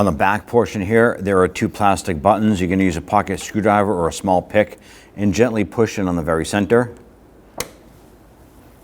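On a 1992–1996 Toyota Camry front door trim panel, the center pin of a plastic two-piece push-button retainer is pushed in with a pick until it clicks, releasing the retainer so it can be pried out with a trim tool. Someone talks for most of the clip, then a single sharp click is heard at 7.6 s as the retainer releases.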